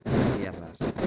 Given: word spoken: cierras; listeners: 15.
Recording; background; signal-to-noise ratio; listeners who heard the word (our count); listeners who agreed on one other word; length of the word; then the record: one Spanish word in noise, from a listening test; noise modulated by one talker; -9.2 dB; 0 of 15; 11 of 15; 0.67 s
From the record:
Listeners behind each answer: 11, 1, 1, 1, 1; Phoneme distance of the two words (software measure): 10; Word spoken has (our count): 2 syllables, 6 phonemes, stress on syllable 1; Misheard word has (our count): 2 syllables, 6 phonemes, stress on syllable 1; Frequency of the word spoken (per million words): 0.45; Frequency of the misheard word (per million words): 63.07